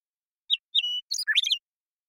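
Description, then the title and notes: Western meadowlark song: a short note, a held clear whistle, then a rapid jumble of bubbly, flutelike notes, all on a silent background. Song; recorded in the Pacific Northwest, Washington, United States; isolated and processed from the original with natural pace and rhythm kept. "Western Meadowlark, Sturnella neglecta, song, contact calls, and flush, isolated and processed from original, natural pace and rhythm maintained, family: Troupials and Allies Recorded in the beautiful Pacific Northwest in Washington, United States"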